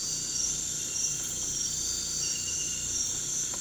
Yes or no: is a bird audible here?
no